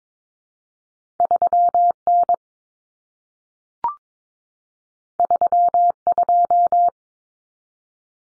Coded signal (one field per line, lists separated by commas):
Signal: Morse code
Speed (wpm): 22 wpm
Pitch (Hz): 700 Hz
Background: none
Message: 3N 32